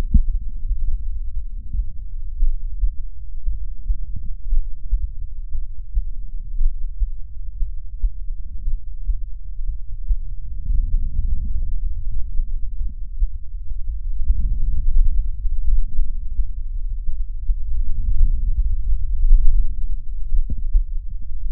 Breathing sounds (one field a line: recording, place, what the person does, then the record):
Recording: lung sounds by stethoscope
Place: right anterior apical chest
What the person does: quiet breathing, then deep breathing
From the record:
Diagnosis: COPD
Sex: female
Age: 68 years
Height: 150 cm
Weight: 70 kg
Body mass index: 31.1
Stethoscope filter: bell mode